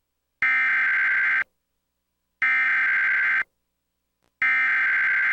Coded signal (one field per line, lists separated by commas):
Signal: Emergency Alert System (SAME) tones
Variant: header bursts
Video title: Comcast Emergency Alert System - Tornado Warning (April 1, 2023; 8:35pm)